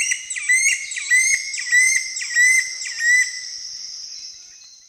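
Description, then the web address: Bar-bellied woodcreeper song: five loud, hooked whistled notes with harmonics, dipping then rising, about one every 0.6 seconds, over a steady high insect drone. Eastern lowlands of South America. "Natures Songs S America Eastern Lowlands. Bar-bellied Woodcreeper"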